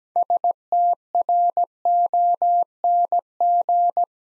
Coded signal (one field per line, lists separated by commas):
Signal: Morse code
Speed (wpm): 17 wpm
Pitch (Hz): 700 Hz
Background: none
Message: STRONG